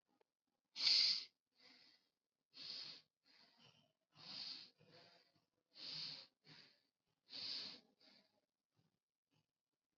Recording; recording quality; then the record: shallow breathing; excellent, no background noise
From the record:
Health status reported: COVID-19 positive, mild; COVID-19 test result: positive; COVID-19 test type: rapid antigen test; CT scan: not taken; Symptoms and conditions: cough, fever, fatigue, muscle pain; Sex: male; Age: 20 years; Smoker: no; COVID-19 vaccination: both doses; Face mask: worn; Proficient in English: yes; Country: India